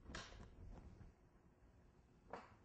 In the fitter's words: hear that click what it's going to do is